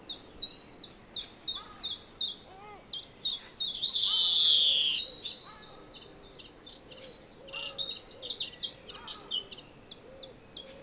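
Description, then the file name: European greenfinch calling, a steady run of short high chirps about three per second, broken by one long buzzy wheeze that slides downward. "Chloris chloris"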